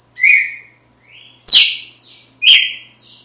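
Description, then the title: Red-cowled cardinal with three vigorous notes about a second apart, over a persistent high tone. Female; sings strongly at dawn after the moult. "Canto Galo Campina Fêmea. GALO DE CAMPINA AÇOITA FORTE NA MADRUGADA DEPOIS DA MUDA"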